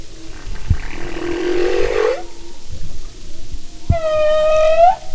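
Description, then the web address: Humpback whale song: a rough, buzzy rising unit, then a clear harmonic moan that swoops up at its end, over underwater background noise. "Sound and Marine Mammals humpback"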